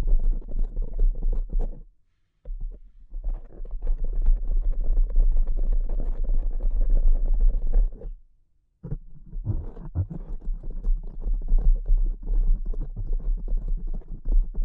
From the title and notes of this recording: ASMR Delicate Tapping (No Talking).